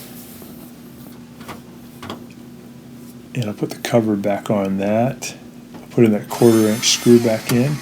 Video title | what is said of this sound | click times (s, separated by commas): ✨GE FRIDGE LEAKING ON FLOOR—FIXED✨ | i'm going to put that grill back on and push in hard till it snaps into position | 3.3 s, 3.4 s